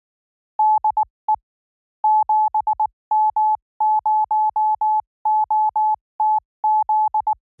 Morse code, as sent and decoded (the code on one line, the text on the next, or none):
-.. . / --... -- ----- --- - --..
DE 7M0OTZ